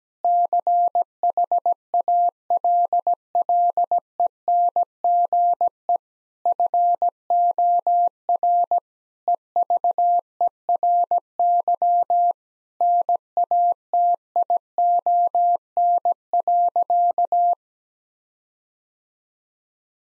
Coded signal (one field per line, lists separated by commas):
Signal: Morse code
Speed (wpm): 17 wpm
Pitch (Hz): 700 Hz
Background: none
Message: CHALLENGE FOR EVERY NATION.